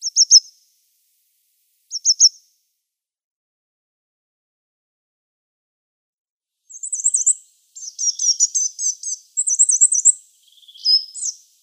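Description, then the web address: Coal tit calls: short high thin notes twice early on, then after a pause a run of rapid high twittering phrases and thin slurred notes. "Schulze Peter Coal Tit calls"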